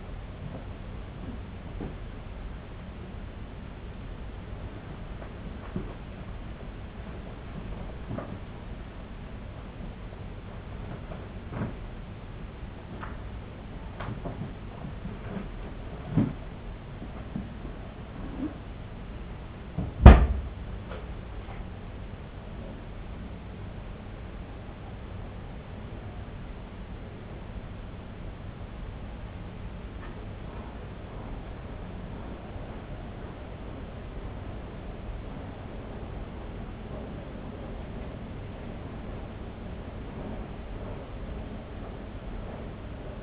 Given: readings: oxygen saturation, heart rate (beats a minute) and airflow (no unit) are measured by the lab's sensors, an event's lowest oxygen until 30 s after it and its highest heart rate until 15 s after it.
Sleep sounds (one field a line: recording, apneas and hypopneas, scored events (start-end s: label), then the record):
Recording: a person awake in a sleep study, by a voice recorder at the bedside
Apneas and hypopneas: none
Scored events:
0.00-43.23 s: awake
From the record:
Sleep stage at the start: awake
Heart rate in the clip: 83 to 91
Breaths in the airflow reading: 16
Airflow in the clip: -0.6 to 1.0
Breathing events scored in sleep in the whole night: 258 in 7.4 hours asleep